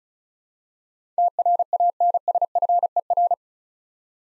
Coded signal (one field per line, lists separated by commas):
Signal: Morse code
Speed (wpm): 36 wpm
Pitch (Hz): 700 Hz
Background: none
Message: TRANSFER